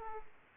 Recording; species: mosquito wingbeat signal from an infrared sensor; Aedes aegypti